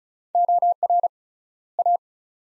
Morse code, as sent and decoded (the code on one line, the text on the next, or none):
--- .-. / .-
OR A